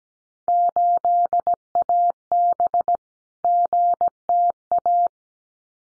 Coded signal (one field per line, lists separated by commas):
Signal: Morse code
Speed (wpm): 17 wpm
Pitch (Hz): 700 Hz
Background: none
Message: 8AB GTA